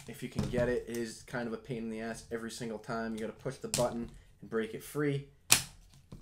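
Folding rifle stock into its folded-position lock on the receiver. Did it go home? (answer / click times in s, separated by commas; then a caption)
yes / 5.5 s. Someone talks while pressing the release button on a Sig Sauer Cross precision rifle to break its collapsible stock free and fold it over. A sharp click at 5.5 s marks the stock locking into its folded-position lock on the receiver, followed by a few faint ticks.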